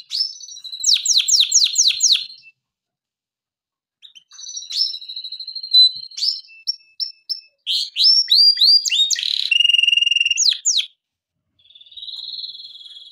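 Canary song in bursts: a fast trill of repeated down-slurred notes, a pause, then mixed whistles and rolls, and a final buzzy tour.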